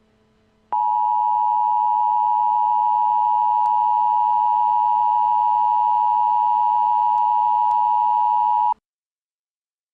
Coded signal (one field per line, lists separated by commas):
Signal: Emergency Alert System (SAME) tones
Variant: 853 and 960 Hz attention tone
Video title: EAS Scenario: Power Plant Disaster